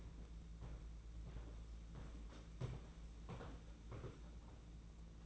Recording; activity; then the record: daily activity, microphone in the room; walk to room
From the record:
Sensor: 1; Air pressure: 992.0 hPa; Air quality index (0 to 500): 216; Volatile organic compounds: 1000 ppm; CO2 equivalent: 8429 ppm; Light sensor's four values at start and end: 22/77/30/30 and 22/75/29/29